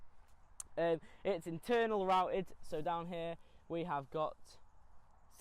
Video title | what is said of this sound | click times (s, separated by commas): 2018 Bike (Boardman fs Pro) | stays down and then we can release it and it'll go up again with a nice satisfying click and | 0.6 s